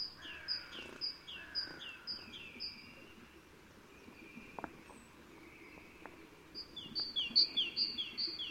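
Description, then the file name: Great tit giving thin, high repeated notes in two bursts separated by a quiet gap, with soft background noise. "Parus major"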